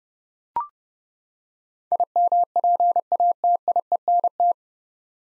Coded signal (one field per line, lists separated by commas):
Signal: Morse code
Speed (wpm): 30 wpm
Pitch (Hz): 700 Hz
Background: none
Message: IMPATIENT